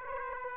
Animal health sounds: mosquito wingbeat signal from an infrared sensor; Aedes aegypti

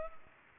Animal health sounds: mosquito wingbeat signal from an infrared sensor; Culex pipiens

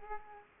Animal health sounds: mosquito wingbeat signal from an infrared sensor; Aedes aegypti

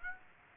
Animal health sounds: mosquito wingbeat signal from an infrared sensor; Aedes aegypti

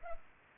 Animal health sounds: mosquito wingbeat signal from an infrared sensor; Culex pipiens

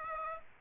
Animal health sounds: mosquito wingbeat signal from an infrared sensor; Aedes aegypti

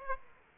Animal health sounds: mosquito wingbeat signal from an infrared sensor; Aedes aegypti

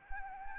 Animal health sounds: mosquito wingbeat signal from an infrared sensor; Anopheles arabiensis

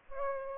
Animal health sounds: mosquito wingbeat signal from an infrared sensor; Aedes albopictus

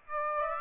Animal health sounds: mosquito wingbeat signal from an infrared sensor; Aedes aegypti

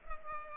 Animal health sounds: mosquito wingbeat signal from an infrared sensor; Culex pipiens

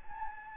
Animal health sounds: mosquito wingbeat signal from an infrared sensor; Anopheles gambiae

